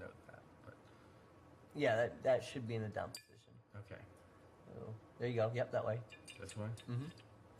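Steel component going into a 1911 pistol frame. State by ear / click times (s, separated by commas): not seated / none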